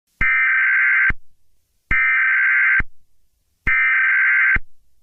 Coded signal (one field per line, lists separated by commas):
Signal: Emergency Alert System (SAME) tones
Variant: header bursts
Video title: (1.02) Eternal Frost (A COS EAS Scenario)